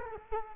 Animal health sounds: mosquito wingbeat signal from an infrared sensor; Culex quinquefasciatus

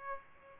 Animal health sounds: mosquito wingbeat signal from an infrared sensor; Aedes aegypti

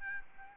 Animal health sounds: mosquito wingbeat signal from an infrared sensor; Aedes albopictus

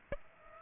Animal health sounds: mosquito wingbeat signal from an infrared sensor; Aedes aegypti

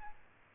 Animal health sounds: mosquito wingbeat signal from an infrared sensor; Aedes aegypti

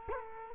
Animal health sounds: mosquito wingbeat signal from an infrared sensor; Culex quinquefasciatus

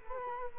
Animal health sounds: mosquito wingbeat signal from an infrared sensor; Culex quinquefasciatus

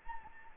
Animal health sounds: mosquito wingbeat signal from an infrared sensor; Anopheles gambiae

